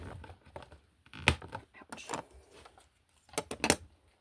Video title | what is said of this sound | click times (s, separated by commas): Miniverse Spaces Hello Kitty Remix with Series 1 HK. #miniverse | And these will just pop into place. | 1.3 s, 3.6 s